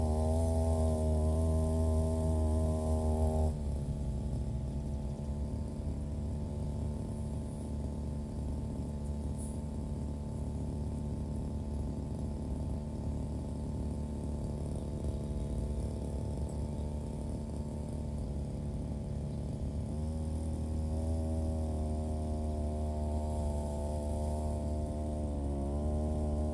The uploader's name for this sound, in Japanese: ひたすら草刈り機で草刈り